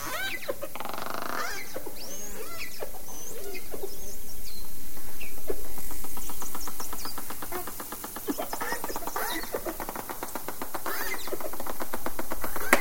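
Dolphin whistles, high looping upsweeps and downsweeps early on, then long buzzing click trains.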